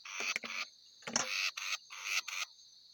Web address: Batis mixta. صدای-پرنده-سیه-رخ-جنگلی